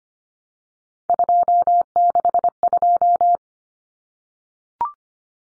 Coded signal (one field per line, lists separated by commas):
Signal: Morse code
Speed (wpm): 25 wpm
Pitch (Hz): 700 Hz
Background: none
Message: 262